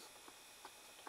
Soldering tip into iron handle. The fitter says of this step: see it doesn't, it's not clicking.